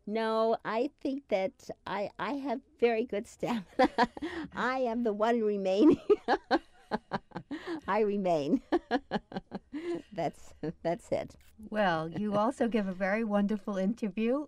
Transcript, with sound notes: no, I think that I have very good stamina. (laughs) I am the one remaining. (laughs) I remain. That's it.
Well, you also give a very wonderful interview.